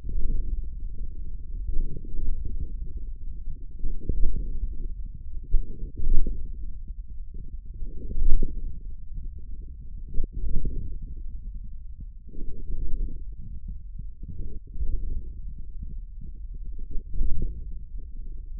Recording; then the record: forearm muscle sounds (acoustic myography)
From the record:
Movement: radial deviation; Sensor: system 1, eight BSWA MPA416 microphones around the upper forearm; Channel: 5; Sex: male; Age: 41 years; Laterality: right